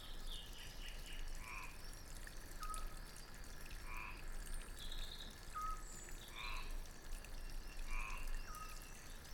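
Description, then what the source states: A frog giving several short throaty croaks against constant falling water and thin bird chirps. Recorded at a country fountain, with birds calling too.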